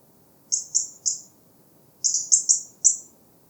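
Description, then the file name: European robin calling: three high, thin, quickly fading notes, a short pause, then four more in fast succession. "Erithacus rubecula"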